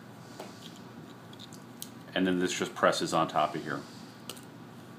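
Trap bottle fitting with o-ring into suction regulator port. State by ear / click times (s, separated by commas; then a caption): seated / 4.3 s. Someone talks while the plastic fitting of a Model 9100 trap bottle, sealed by an o-ring, is pressed down onto the top of the suction regulator port. A sharp snap at 4.3 s marks the o-ring fitting seating into the regulator, with a few faint ticks before it.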